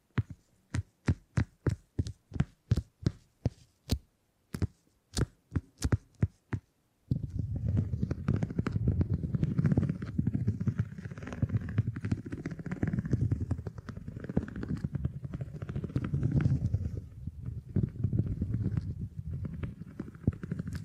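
Beeswax being handled: sharp rhythmic taps for seven seconds, then continuous dense, low squishing and rubbing with crackly bits until the end.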